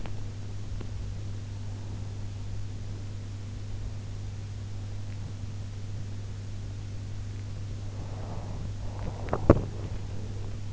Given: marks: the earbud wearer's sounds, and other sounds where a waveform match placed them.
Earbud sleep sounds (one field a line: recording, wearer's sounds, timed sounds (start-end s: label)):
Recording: sounds in sleep by an in-ear microphone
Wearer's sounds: teeth grinding, breath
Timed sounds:
0.00-0.96 s: teeth grinding
7.92-10.73 s: breath
9.25-9.71 s: teeth grinding